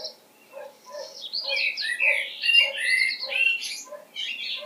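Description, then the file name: Common blackbird calling with dense squeaky, chattering phrases and brief whistled notes, accompanied throughout by a regular low pulsing note about twice a second. "Turdus merula"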